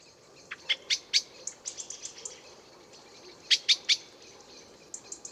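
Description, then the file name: Eurasian blackbird uttering abrupt clicking chinks, first an uneven run, then a tight burst of three, with softer high twittering notes scattered between. "Turdus merula"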